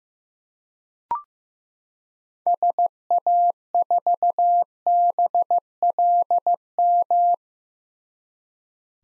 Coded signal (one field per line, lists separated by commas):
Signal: Morse code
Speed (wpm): 15 wpm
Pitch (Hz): 700 Hz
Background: none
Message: SA4BLM